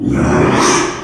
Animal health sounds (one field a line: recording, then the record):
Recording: squeal of a Yucatan mini pig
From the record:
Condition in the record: after surgery on the right vocal fold (resection and tissue-engineered implant)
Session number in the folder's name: 3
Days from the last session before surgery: 33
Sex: male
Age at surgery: 12 weeks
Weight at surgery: 13 kg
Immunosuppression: cyclosporine, prednisolone